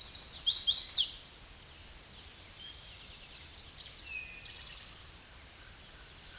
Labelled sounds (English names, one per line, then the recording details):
Eastern Towhee song
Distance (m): 15 m
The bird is about 5 m above the microphone
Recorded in a Pennsylvania forest on 16 May 2024 at 08:28
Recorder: AudioMoth, point MSD-2074
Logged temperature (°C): 16.3 °C
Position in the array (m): 169 m, 190 m